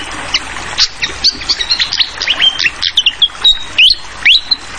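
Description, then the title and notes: Fantail gives a run of high thin whistles, a few swooping upward near the end, against a continuous background of trickling, pattering water. Made as masteran (song tutoring for songbirds); clear voice mixed with the sound of flowing water; local name sikatan londo. "Masteran Sikatan Kipas Suara Jernih Dan Suara Gemericik Air. Suara Burung Sikatan Londo"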